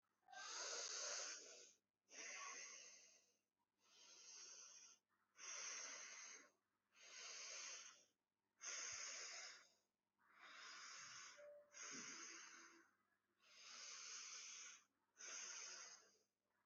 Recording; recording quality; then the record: deep breathing; excellent, no background noise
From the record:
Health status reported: healthy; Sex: female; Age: 18 years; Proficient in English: yes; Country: India